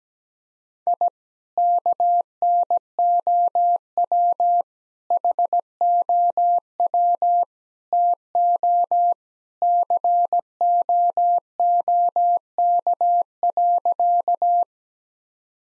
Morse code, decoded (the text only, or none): I KNOW HOW TO COOK.